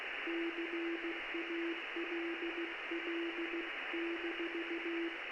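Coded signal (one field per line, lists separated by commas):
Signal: Morse code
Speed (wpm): 16 wpm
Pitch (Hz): 340 Hz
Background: radio noise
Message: CALL-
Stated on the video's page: Amateur CW Morse heard live through the Es'hail-2 satellite via a WebSDR in Cornwall.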